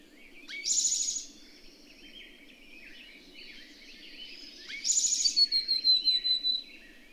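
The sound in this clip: Bird song of two buzzy, rasping bursts separated by soft twittering, the second followed by a fast, slightly descending series of high notes; low steady hum behind.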